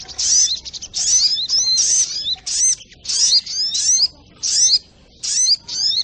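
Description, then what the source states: Brown-throated sunbird song: sharp, high-pitched chattering phrases mixed with clear upward-curving whistles, bursts of under a second with short silences between. Masteran recording for training cage birds, titled Labaik.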